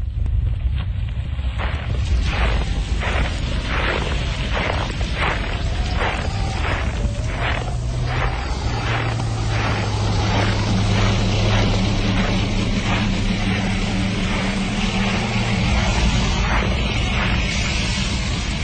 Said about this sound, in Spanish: Hay algo extraño que está pasando adelante. Esos derrumbes, explosiones, truenos, no sé. ¿No sentís como tiembla el suelo cada tanto?